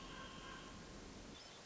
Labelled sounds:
Hermit Thrush
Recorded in Sonoma County, California

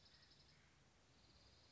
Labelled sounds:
Dark-eyed Junco
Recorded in Sonoma County, California

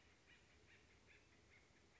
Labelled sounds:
Acorn Woodpecker
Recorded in Sonoma County, California

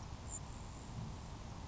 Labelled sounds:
Grasshopper Sparrow
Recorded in Sonoma County, California

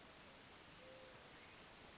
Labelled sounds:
Oak Titmouse
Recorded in Sonoma County, California

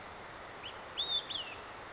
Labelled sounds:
Olive-sided Flycatcher
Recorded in Sonoma County, California

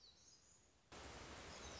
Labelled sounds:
Black-throated Gray Warbler
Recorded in Sonoma County, California

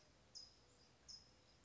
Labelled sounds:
California Towhee
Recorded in Sonoma County, California

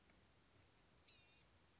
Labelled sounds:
Blue-gray Gnatcatcher
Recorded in Sonoma County, California

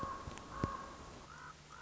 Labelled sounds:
Common Raven
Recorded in Sonoma County, California

